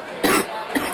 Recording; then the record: coughing mixed with background sound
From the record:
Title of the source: 30 Chesty and wet cough